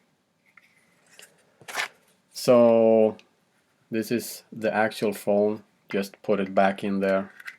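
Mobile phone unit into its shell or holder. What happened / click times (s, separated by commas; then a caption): The phone is being handled toward its housing but has not clicked in yet / none. A mobile phone unit is being put back into its outer shell or holder. A couple of faint, brief handling sounds come early, then someone talks for most of the clip. Nothing has seated or clicked yet when the clip ends.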